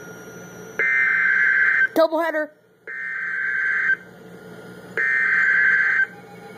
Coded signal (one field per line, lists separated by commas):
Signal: Emergency Alert System (SAME) tones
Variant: header bursts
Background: speech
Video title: DOUBLE HEADER Flash Flood Warning + Severe Thunderstorm Warning (EAS #223+224)